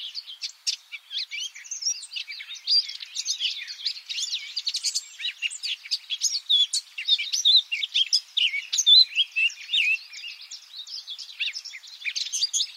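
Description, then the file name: Eurasian blackcap song: a long, restless chatter of high chirps and warbling notes. "Sylvia atricapilla"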